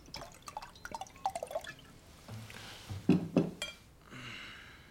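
Wine poured from a bottle glugs and trickles into glasses in short bursts, with a few bright glassy clinks midway and a soft steady hiss of liquid pouring at the end. No one speaks.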